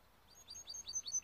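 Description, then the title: Timbrado canary song: a series of short, high chirping notes repeated several times a second, with thin piercing tones above them, growing louder. Timbrado canary singing, used for song training. "Canary Bird Singing - Timbrado training video"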